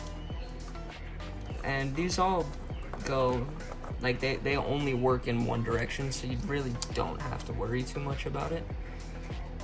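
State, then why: Not seated. A one-direction plastic routing clip for the sensor wiring is handled and pressed toward its engine bay mount on a BMW F30 328i with an N20/N26 engine during an electronic wastegate replacement, while someone talks over background music. Nothing has seated or clicked yet in this clip.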